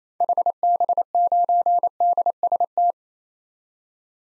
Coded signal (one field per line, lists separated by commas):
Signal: Morse code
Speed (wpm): 27 wpm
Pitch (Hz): 700 Hz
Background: none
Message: HB9DST